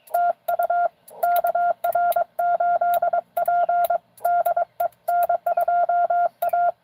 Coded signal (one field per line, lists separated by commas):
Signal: Morse code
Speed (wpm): 22 wpm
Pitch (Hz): 700 Hz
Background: none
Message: TU KR8P DE N2A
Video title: N2AKJ is live! doing pota at us-2114 #pota #cw #n2akj